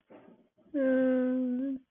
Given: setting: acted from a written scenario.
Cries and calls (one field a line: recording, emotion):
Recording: vocal sound without words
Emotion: disappointment